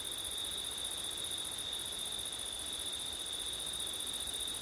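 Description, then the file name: Unbroken high cricket trill, a uniform chorus holding one pitch, over faint background noise. Crickets singing on a September night, with wind. "crickets wind september night ortif"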